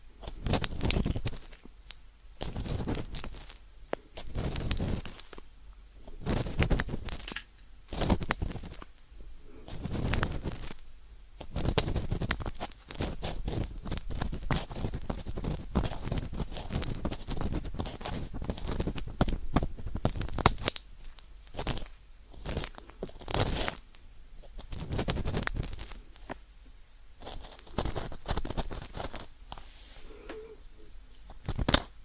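A feather pick brushes in an ear, making soft, rustling swishes that come in quick bursts every second or so. Each stroke is a dry, airy scratch from low to bright, with brief quiet gaps between. Around 20 to 27 seconds the strokes run together more densely.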